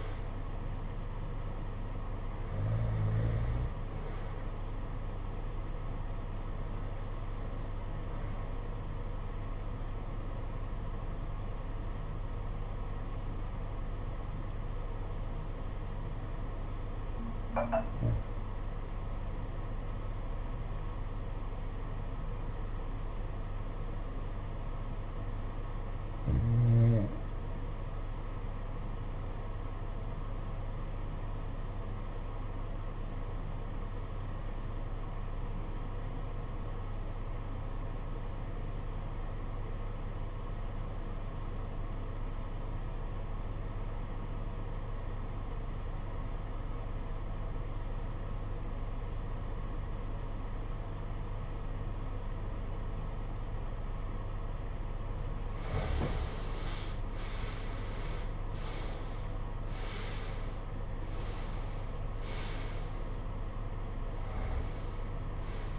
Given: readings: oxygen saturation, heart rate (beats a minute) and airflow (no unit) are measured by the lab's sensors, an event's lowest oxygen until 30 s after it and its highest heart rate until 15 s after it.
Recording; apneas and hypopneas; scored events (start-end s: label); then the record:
breathing in sleep by a smartphone at the bedside; 1
12.00-56.60 s: obstructive apnea (REM, oxygen 94% highest, then 71% lowest, heart rate 69 at the start, 90 highest)
From the record:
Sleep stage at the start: REM sleep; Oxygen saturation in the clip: 72 to 94%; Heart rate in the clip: 53 to 90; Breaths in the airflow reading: 6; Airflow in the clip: -15.0 to 15.0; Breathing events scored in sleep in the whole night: 476 in 9.7 hours asleep